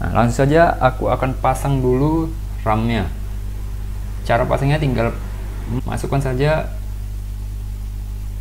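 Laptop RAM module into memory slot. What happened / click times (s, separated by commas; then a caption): Memory module being fitted into its slot; no seating click yet / none. A used laptop RAM stick is lined up in its memory slot before being pressed in while someone talks over a steady low hum. Nothing has seated or clicked yet.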